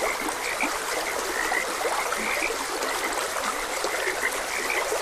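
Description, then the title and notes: Overlapping frog croaks, short and chirpy, repeat throughout over a bright, constant wash of running water. Frogs croaking beside a gentle stream. "Frogs Croaking. Sleep and Relaxation Podcast"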